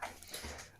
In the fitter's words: above the mag release you press that and you'll hear the obvious click